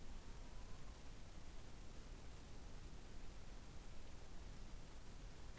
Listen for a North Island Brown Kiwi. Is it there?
no